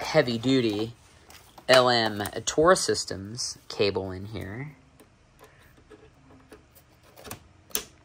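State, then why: Seated. Someone talks about a heavy-duty LM Taurus Systems Cat cable, then pushes its etherCON plug into the AES50 socket on an audio stage box. After a stretch of small handling noises, the plug latches with a sharp, positive click at 7.8 s, showing it has seated.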